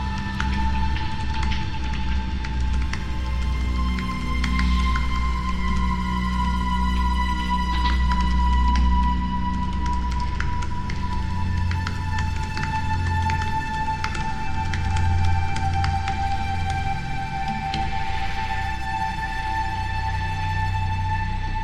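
Scattered keyboard typing clicks sound over a steady high-pitched tone and a low rumbling hum that persist unchanged throughout.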